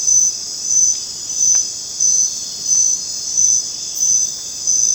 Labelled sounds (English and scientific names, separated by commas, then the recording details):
none
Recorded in dense forest near Puerto Asís, Putumayo, Colombia, on 19 June 2025 at 19:30
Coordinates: 0.484, -76.317
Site G045